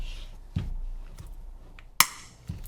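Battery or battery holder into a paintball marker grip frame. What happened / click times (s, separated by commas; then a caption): The battery holder's retaining tabs snapped into place / 2.0 s. A battery is pushed up into the grip frame of a Planet Eclipse Etha 2 paintball marker, placed plus toward the marked side, until both retaining tabs pop into place so the compartment can be snapped closed. Soft handling knocks lead up to one loud, sharp click at 2.0 s, followed by a lighter knock. The battery is seated with both tabs in place.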